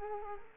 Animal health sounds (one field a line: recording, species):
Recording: mosquito wingbeat signal from an infrared sensor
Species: Culex quinquefasciatus